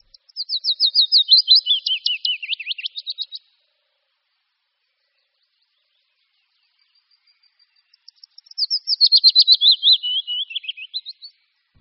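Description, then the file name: Willow warbler song: two high, sweet phrases of repeated notes that slide gently downward in pitch, separated by several seconds of silence. "Budníček-větší"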